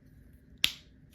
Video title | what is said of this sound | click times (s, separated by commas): Transformers Studio Series Leader Class APELINQ Review | Oh, there was a nice satisfying click there. | 0.6 s